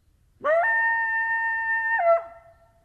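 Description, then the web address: Coyote howling in a single sustained, clear note that swoops up, holds level for about one and a half seconds, then breaks downward into a lower tail. Recorded 19 April 2012; more than one coyote. "Coyote 2012 04 19 Coyotes"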